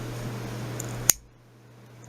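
A folding knife blade is swung open and its lockback bar snaps into the blade's notch with a sharp click at 1.1 s, locking the blade open with a solid lock-up. A faint tick comes just before it over a steady low hum, and the background drops quieter after the click.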